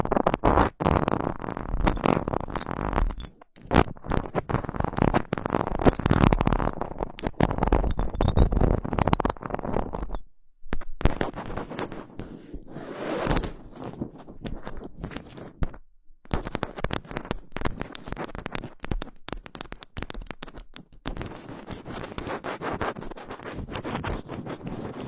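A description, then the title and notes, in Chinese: Fingers scratch and rub directly on a microphone, making dense, rough, crackling scraping that is heavy in the low end. The scratching runs almost continuously, broken by brief dead silences near 3, 10, 16 and 21 seconds, with a few sharper bursts around 13 seconds. 手指抓挠话筒。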